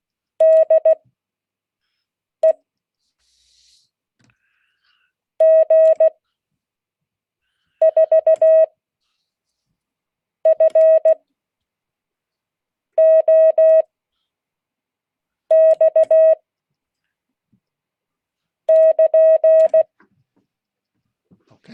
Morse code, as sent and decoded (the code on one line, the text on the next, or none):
-.. . / --. ....- ..-. --- -..- / -.--.
DE G4FOX <KN>